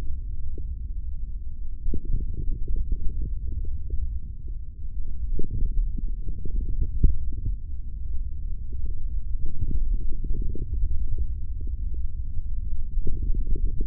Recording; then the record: forearm muscle sounds (acoustic myography)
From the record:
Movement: hand closing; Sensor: system 3, bracelet of six PUI Audio POM-2738L microphones around the upper forearm, with dedicated amplification and filtering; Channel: 1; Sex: male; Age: 23 years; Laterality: right